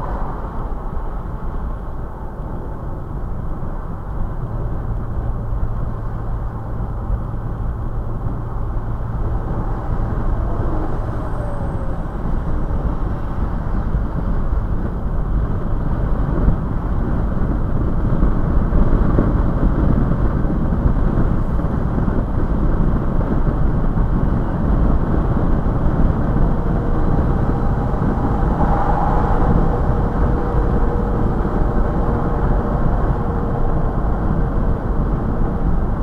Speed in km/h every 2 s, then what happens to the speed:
97, 100, 103, 106, 111, 113, 114, 116, 118, 119, 118, 118, 118, 118, 119, 119, 118, 116.
0-15 speeds up to 118. 15-36 steady at about 118.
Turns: none.